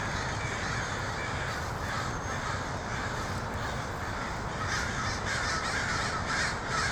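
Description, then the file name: Crows giving harsh repeated caws from a crowd over a steady low rumble. Crows in Portland (pdx), 23 October 2018. "pdx crows 2018-10-23"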